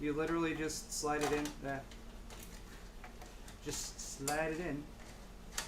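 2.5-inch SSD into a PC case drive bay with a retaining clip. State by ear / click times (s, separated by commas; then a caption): seated / 5.6 s. A 2.5-inch SSD is slid sideways into a PC case's tool-less plastic drive bay while someone talks. Soft sliding sounds follow, then a sharp click at 5.6 s as the small retaining clip snaps in place and holds the drive seated.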